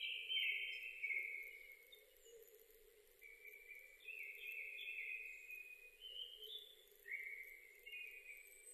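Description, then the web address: Japanese thrush singing several varied whistled phrases, the first one falling, over a steady hum. Recorded 7 May 2005. "2005 050507 kurotugumi"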